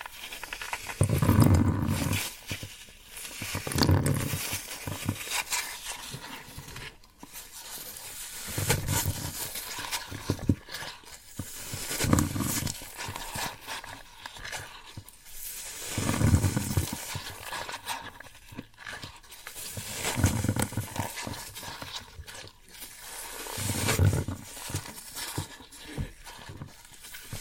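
Floral foam being worked, with rough, gritty crunching and squeaking in repeated bursts every two to four seconds. Each burst carries a low, hollow rumble under bright crackle, with brief quiet gaps between. The strongest crunches come near the start and end.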